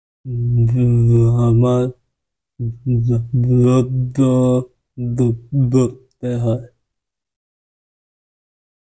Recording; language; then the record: elicited speech; Bengali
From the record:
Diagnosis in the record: Broca's or global aphasia after a stroke